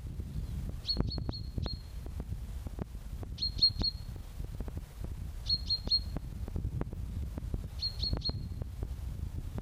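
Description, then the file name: Common chaffinch repeating brief clusters of three to four piercing high notes at regular intervals, with low background rumble and sharp clicking noises. "Fringilla coelebs"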